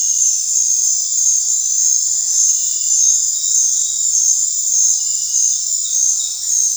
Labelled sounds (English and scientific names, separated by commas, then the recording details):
none
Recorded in dense forest near Puerto Asís, Putumayo, Colombia, on 21 December 2024 at 20:30
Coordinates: 0.468, -76.322
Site G071